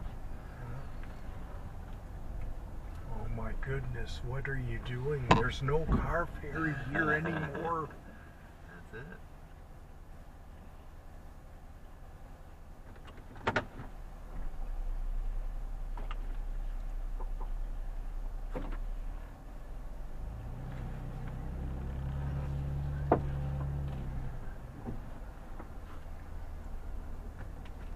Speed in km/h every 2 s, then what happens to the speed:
10, 11, 8, 0, 0, 0, 0, 0, 0, 0, 0, 1, 3, 3.
3-6 brakes to 0. 6-23 standing.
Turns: none.